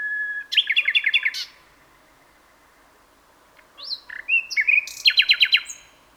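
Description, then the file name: Common nightingale song: a rapid run of sharp repeated notes, a pause, then a rising whistle followed by another fast trill of repeated notes. "Luscinia megarhynchos"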